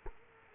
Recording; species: mosquito wingbeat signal from an infrared sensor; Culex quinquefasciatus